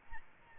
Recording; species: mosquito wingbeat signal from an infrared sensor; Aedes albopictus